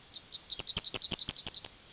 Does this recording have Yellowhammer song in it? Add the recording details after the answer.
yes. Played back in forest. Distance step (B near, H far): B. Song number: 008